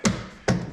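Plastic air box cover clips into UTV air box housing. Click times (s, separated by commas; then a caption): 0.1 s, 0.5 s. A plastic air box cover, now lined with sealing foam, is pushed backwards into the air box housing of a 2026 Can-Am Defender HD11 UTV. Two sharp clicks are heard at 0.1 s and 0.5 s as its clips engage. The cover snaps into place and holds.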